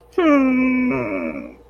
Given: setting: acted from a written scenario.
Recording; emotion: vocal sound without words; sadness